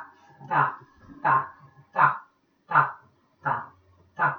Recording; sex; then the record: repeated syllable /ta/; female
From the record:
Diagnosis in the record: Parkinson's disease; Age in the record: 63 years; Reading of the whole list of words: 61 s, 4.6 characters per second